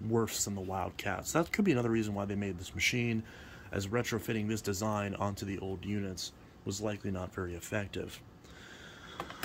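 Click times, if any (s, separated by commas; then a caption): 9.2 s, 9.3 s, 9.4 s. Someone talks while the plastic dust bin of a Fantom Wildcat stick vacuum is put back onto the vacuum body. It clicks into place with sharp clicks at about 9.2, 9.3 and 9.4 seconds, seating in the machine though it sits loosely.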